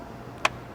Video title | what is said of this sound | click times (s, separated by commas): Black Market Race B58 Catch Can Install | with an O-ring, snap into place, and then you'll use the included radium collar | 0.5 s